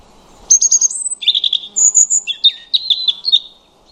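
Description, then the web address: European robin song, one rich, continuous phrase of high trills, sliding whistles and rapid twitters shifting up and down in pitch for about three seconds. "Deverinetal 2025 File origin Bird Only Er Ru"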